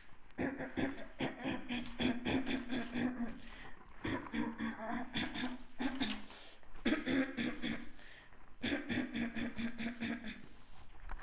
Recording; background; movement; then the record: throat clearing; quiet; walking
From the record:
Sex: female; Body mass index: 36.4 kg/m2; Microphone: on the chest, facing the body